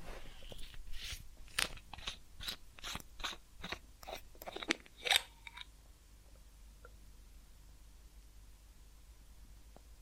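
Ear cleaning and spa sounds: a quick series of crisp, crunchy scratches and rustles repeats about twice a second for the first five and a half seconds, ending in one louder scrape. After that the sound falls to near silence, with only a couple of faint ticks.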